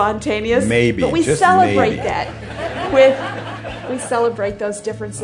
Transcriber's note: laughter